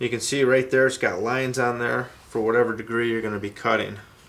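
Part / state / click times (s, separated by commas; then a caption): bevel shoe into jig saw base detent / not seated / none. Someone talks while handling the metal base shoe of a DeWALT jig saw, tilting it toward a bevel-cut angle so it can snap into a detent position in the saw's base. The speech runs almost continuously, with no distinct click. Nothing has seated or clicked yet.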